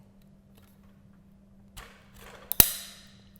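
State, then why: Seated. The open hole of a metal backdrop crossbar tube is lined up with a silver spring push-button, then pressed and wiggled gently, with soft scraping and rubbing from about 1.8 s. The button pops through into the tube hole with two sharp metallic clicks at 2.5 s and 2.6 s, the second louder and followed by a brief ringing decay. The button is seated and the crossbar is secure.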